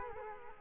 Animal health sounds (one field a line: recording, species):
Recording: mosquito wingbeat signal from an infrared sensor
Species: Culex quinquefasciatus